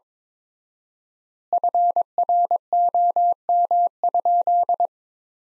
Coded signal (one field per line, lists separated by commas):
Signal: Morse code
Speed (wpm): 22 wpm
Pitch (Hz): 700 Hz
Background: none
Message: FROM?